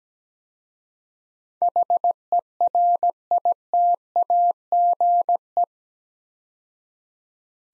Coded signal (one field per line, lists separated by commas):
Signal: Morse code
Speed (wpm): 17 wpm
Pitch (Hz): 700 Hz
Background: none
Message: HERITAGE